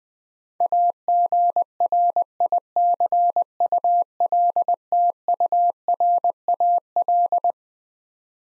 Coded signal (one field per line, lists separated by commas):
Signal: Morse code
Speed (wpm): 20 wpm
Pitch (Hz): 700 Hz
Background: none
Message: AGRICULTURAL